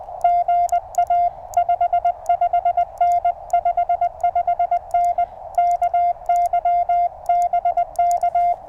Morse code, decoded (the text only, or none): GA 55N 55N KY BK